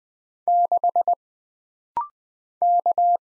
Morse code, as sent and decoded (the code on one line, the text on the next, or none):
-.... / -.-
6 K